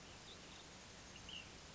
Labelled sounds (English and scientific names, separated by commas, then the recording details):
Ash-throated Flycatcher (Myiarchus cinerascens)
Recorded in Sonoma County, California